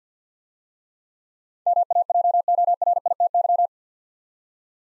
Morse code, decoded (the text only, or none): MAJORITY